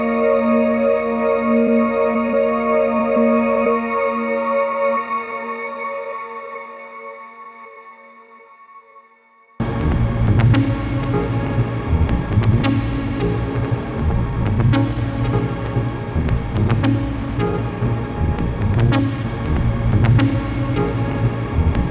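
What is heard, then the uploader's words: A synthesised soundscape opens with a sustained, bell-like drone of layered ringing tones that slowly fades toward silence. Near ten seconds it cuts abruptly into a dense, rumbling texture with a heavy low end, punctuated by sharp bright clicks every couple of seconds. A synthesised soundscape.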